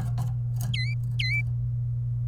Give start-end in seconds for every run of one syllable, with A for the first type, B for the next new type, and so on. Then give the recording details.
0.74-0.94 A, 1.19-1.41 A. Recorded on 27 April 2018 at 12:54. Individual llb3